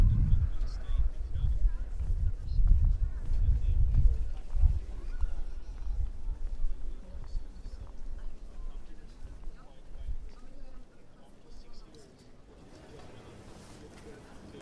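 A Prague walk: murmured voices and low rumbling with faint clip-clop, busy and thumping for four seconds, then thinning into quieter hiss.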